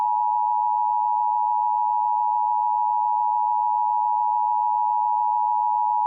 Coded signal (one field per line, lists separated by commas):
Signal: Emergency Alert System (SAME) tones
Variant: 853 and 960 Hz attention tone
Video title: EAS CAPTURE #1 TODAY (NOT IN MY AREA) 710 PM EDT